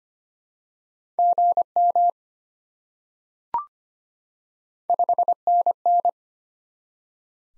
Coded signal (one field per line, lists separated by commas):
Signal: Morse code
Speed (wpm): 25 wpm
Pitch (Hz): 700 Hz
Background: none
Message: GM 5NN